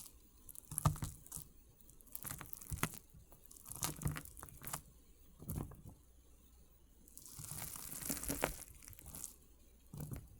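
Water beads being crushed, with short crunchy, squishy bursts arriving irregularly every second or so. A longer, brighter crackling stretch runs from about seven to nine seconds, then a final crunch near ten seconds. A faint low hum sits underneath throughout.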